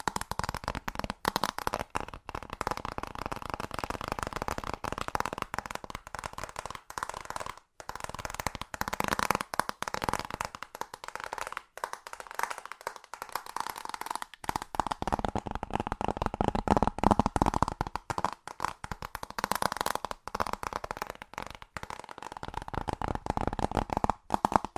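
Fast tapping runs nearly without pause for the whole stretch, a dense, rapid patter of light clicks with a crisp, papery edge. The rhythm stays busy throughout, broken only by a few brief gaps around eight and twelve seconds, with a faint steady tone underneath.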